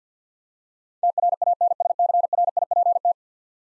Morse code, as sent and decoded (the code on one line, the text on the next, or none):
- .-. .- -. ... -.-. .-. .. .--. -
TRANSCRIPT